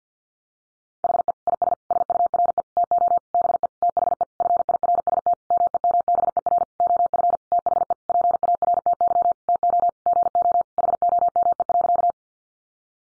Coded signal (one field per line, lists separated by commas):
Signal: Morse code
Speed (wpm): 50 wpm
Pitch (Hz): 700 Hz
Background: none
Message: HE IS SURE TO BE THE FIRST MEMBER OF THE PARTY TO GO HOME.